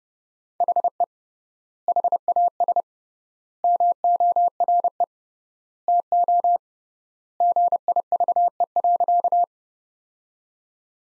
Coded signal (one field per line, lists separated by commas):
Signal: Morse code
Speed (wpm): 30 wpm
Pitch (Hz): 700 Hz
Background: none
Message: HE HAS MORE TO GIVE.